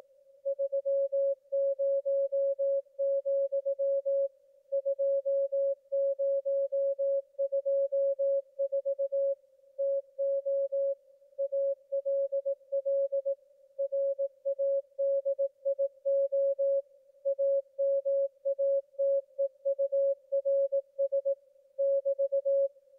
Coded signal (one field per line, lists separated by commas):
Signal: Morse code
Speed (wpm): 18 wpm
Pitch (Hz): 550 Hz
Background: music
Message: 30, 2024 TO ALL RADIO AMATEURS <BT>